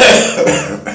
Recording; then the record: coughing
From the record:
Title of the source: Wet Throat Infection Cough